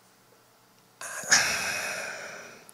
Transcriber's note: sighs